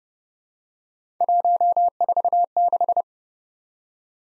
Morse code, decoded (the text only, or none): 146